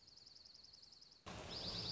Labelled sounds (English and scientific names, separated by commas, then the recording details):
Dark-eyed Junco (Junco hyemalis)
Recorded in Sonoma County, California